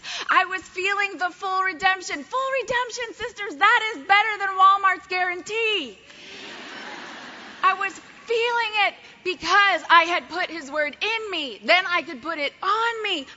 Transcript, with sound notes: I was feeling the full redemption. Full redemption, Sisters! That is better than Walmart's guarantee. (cheers) I was feeling it because I had put His Word in me, then I could put it on me.